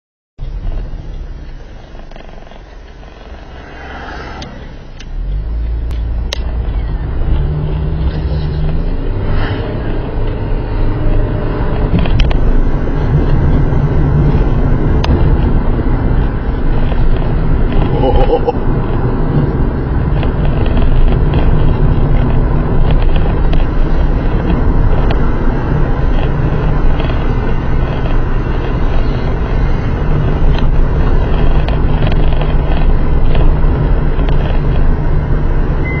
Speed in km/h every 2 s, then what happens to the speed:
1, 0, 10, 16, 31, 42, 46, 47, 45, 45, 44, 51, 52, 49, 44, 44, 42, 42.
0-3 standing. 3-11 pulls away to 46. 11-20 steady at about 45. 20-22 speeds up to 51. 25-28 slows to 44. 28-36 steady at about 42.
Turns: 4-6, 10-15.